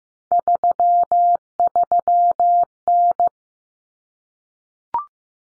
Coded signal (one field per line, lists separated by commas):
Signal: Morse code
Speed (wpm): 15 wpm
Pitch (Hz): 700 Hz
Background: none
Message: 33N